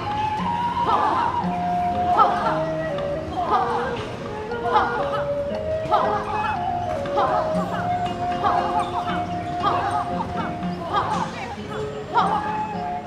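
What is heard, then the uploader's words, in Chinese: A park soundscape, dominated by a voice or melody moving in held, stepped notes over a lower tone, with bright accents recurring roughly every second. The level stays steady throughout, over a faint outdoor murmur. 青年公園聲景2020。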